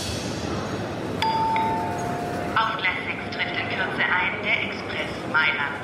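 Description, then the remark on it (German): Busy train station ambience as a train arrives: a steady rumbling wash of noise, a sustained high-pitched ringing tone, then overlapping voices of people chattering over the din. “geh schon mal zum Bahnsteig 15. Da fährt der Zug nach Civitavecchia ab.”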